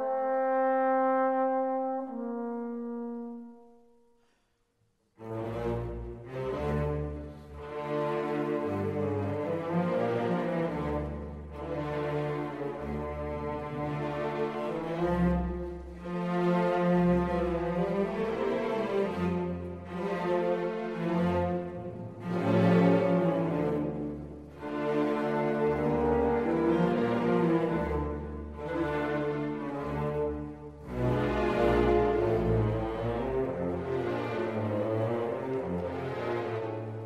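A warm instrumental piece opens with a single held tone that steps down in pitch and fades to a brief silence around four seconds. From five seconds a full arrangement enters, with steady low bass, layered chords and a regular pulse that continues evenly to the end.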